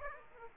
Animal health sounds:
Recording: mosquito wingbeat signal from an infrared sensor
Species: Aedes aegypti

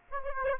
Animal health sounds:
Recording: mosquito wingbeat signal from an infrared sensor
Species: Aedes aegypti

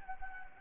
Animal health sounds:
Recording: mosquito wingbeat signal from an infrared sensor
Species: Anopheles gambiae

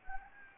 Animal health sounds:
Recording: mosquito wingbeat signal from an infrared sensor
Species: Anopheles gambiae

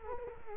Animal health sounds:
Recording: mosquito wingbeat signal from an infrared sensor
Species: Culex quinquefasciatus

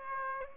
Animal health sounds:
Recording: mosquito wingbeat signal from an infrared sensor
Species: Aedes aegypti

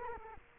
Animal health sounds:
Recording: mosquito wingbeat signal from an infrared sensor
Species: Culex quinquefasciatus

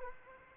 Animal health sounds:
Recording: mosquito wingbeat signal from an infrared sensor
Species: Culex quinquefasciatus

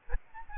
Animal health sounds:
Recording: mosquito wingbeat signal from an infrared sensor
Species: Aedes albopictus

